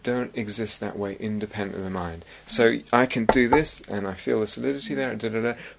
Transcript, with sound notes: They don't exist that way independent of the mind. So I can do this [knocking] and I feel the solidity there, and da-da-da.